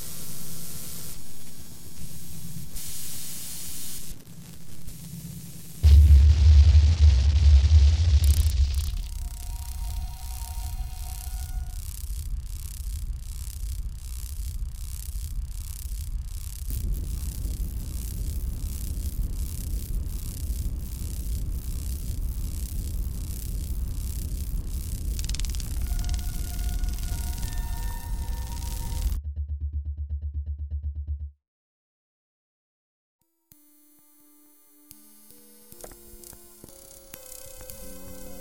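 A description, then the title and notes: A large grasshopper flies with a loud, rattling wing flap, a fast run of crackling clicks lasting from about 9 to 29 seconds over a steady low rumble of wind. A heavy gust comes near six seconds, and after a brief silence, faint scattered tones and ticks follow. A large grasshopper with a loud percussive wing flap. Original field recording of Tsikatsii made on Blood reserve Kainaii, Southern Alberta.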